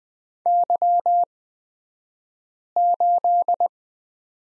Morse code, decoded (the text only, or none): Y8